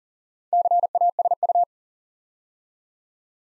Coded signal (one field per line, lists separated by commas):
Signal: Morse code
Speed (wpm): 39 wpm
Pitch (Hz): 700 Hz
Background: none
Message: CASU